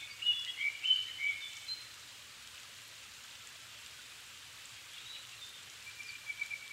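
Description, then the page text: Japanese thrush song: an opening phrase of quick whistled notes, then near silence apart from hiss, and a faint phrase at the end. Niigata Prefecture, Japan, 270 m altitude; 7 May 2011 at 17:59, evening; Sony PCM-D50 recorder, Panasonic WM-61A mic. "kurotugumi 20110507-1759. Turdus cardis [Sounds -Nikko Today-]"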